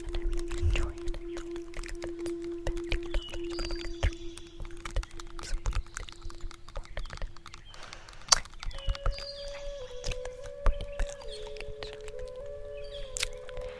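A native flute holds one long, low, steady note for the first seven seconds, then after a short pause plays higher sustained notes that step slightly up and down. Frequent sharp clicks and taps scatter across the whole clip, with a louder snap near eight seconds.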